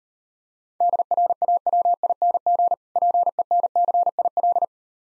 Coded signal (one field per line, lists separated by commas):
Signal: Morse code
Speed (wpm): 39 wpm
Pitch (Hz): 700 Hz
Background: none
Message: DRAWING PENCIL